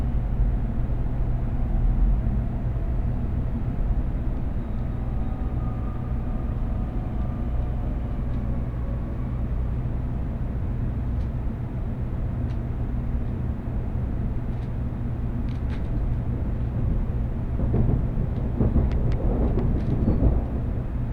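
A steady, heavy low rumble fills the cabin of a Tokaido Shinkansen Kodama train running from Hamamatsu to Shizuoka, with a faint whine drifting across the middle early on. Small clicks and ticks appear throughout, growing busier with rattling bursts after about seventeen seconds.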